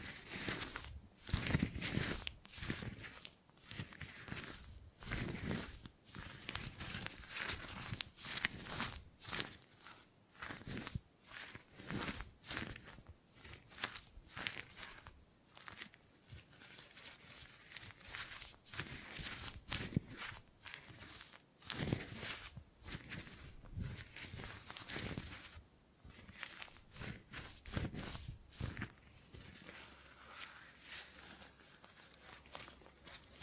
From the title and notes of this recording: ASMR Brain Tingly Gripping and Grabbing Sounds for Sleep (No Talking).